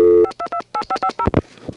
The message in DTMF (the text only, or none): 5228550